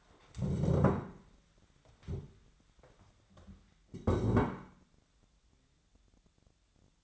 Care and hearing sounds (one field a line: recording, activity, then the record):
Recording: daily activity, microphone in the room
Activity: stand up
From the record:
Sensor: 3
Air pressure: 1015.2 hPa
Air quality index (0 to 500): 167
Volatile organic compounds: 13 ppm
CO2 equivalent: 2389 ppm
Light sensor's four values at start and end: 15/38/15/16 and 14/37/15/16